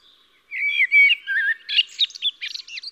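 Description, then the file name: Eurasian blackbird singing a smooth, low whistled warble that runs into a series of brisk, high squeaky twitters. No other sounds. "Koltrast"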